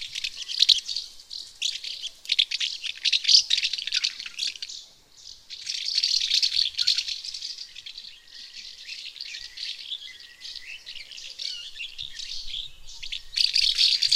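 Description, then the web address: House martin calls, a steady dry twittering chatter with buzzy rattles, briefly dipping around five seconds before resuming busily. Recorded in Lower Saxony, Germany. "niedersachsen mehlschwalbe"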